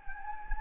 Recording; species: mosquito wingbeat signal from an infrared sensor; Anopheles gambiae